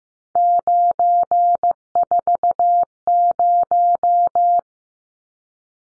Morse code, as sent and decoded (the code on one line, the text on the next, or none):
----. ....- -----
940